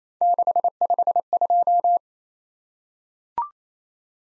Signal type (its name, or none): Morse code